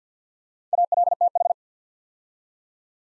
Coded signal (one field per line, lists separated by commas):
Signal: Morse code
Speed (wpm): 50 wpm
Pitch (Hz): 700 Hz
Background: none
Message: ALTH